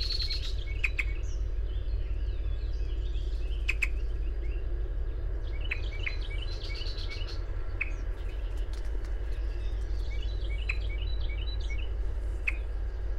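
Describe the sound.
High bird chirps in quick repeated bursts throughout, partly masked by a strong low hiss and hum, with occasional clicks.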